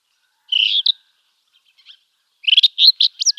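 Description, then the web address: Rufous-tailed scrub robin song: a short high warbled phrase, a pause, then a quicker run of clear, varied whistled notes. "Schulze Peter Rufous-tailed Scrub-Robin song"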